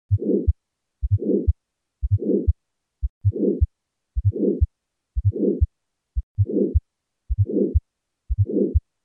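Aortic stenosis murmur in an adult heart, heard by stethoscope: a systolic murmur between the first and second heart sounds, at about 60 beats per minute.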